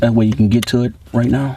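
A wiring connector is being handled at a component socket in a 2015 Corvette while a nitrous kit part is reinstalled. Someone talks throughout, with a brief quieter gap near 1.0 s. Nothing has seated or clicked yet.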